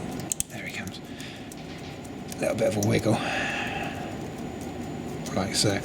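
On an Audi Q7 (also Touareg and Cayenne) wheel carrier, a tool twisted under the little front plate lifts it while the plastic electrical connector of the brake pad wear sensor cable is wiggled out of the bracket's hooked arms. Two sharp clicks come at 0.3 s and 0.4 s, followed by quieter handling noises while someone talks. The connector pops out and is released from its bracket.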